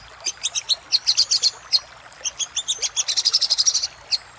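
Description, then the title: Little spiderhunter song: rapid bursts of high, sharp chipping notes, some stuttered, others in a fast even run near the end, with a short pause midway. Master recording made for training cage birds, labelled 'Labaik'. "Masteran Burung Sogok Ontong Labaik"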